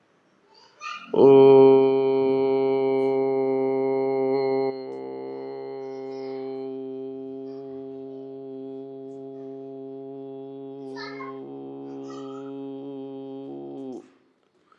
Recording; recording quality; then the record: sustained vowel as in boot; moderate, slight background noise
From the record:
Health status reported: healthy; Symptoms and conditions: cough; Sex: male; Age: 40 years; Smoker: not ticked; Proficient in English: yes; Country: India